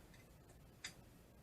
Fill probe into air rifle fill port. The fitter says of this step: goes down till it clicks click